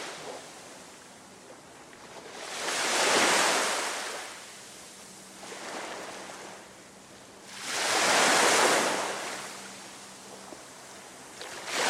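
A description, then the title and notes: Ocean waves roll in and wash out in a slow rhythm, with two big hissing surges peaking around three and eight seconds and a smaller swell near six. Between breakers a soft, steady wash continues, with a faint low hum underneath. The therapeutic sound of ocean waves. The steady sound of ocean waves.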